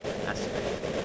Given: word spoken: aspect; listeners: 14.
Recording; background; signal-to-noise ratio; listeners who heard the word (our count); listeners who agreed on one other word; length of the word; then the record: one English word in noise, from a listening test; noise modulated by three-talker babble; -6.3 dB; 1 of 14; 10 of 14; 0.65 s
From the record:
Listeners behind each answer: 10, 2, 1, 1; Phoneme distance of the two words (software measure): 34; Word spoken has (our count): 2 syllables, 6 phonemes, stress on syllable 1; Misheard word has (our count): 2 syllables, 4 phonemes, stress on syllable 1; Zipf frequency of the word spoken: 4.24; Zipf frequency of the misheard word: 4.01